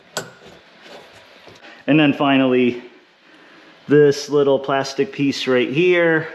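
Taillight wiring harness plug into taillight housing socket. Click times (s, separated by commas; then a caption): 0.2 s. On a 2020 Dodge Challenger, the taillight wiring harness plug is pushed into the taillight housing socket and clicks in with one sharp snap at 0.2 s, seating the connector. Someone then talks.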